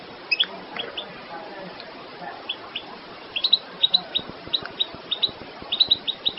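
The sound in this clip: Goldfinch chirps, a few scattered high notes at first, building into a regular series of bright twittering calls in the second half.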